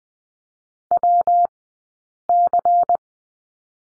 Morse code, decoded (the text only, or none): WC